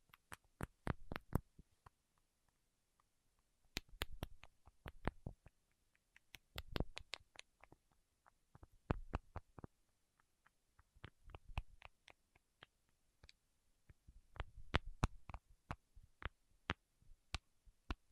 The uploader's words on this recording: ASMR with Wax Fingertips for Sleep (No Talking).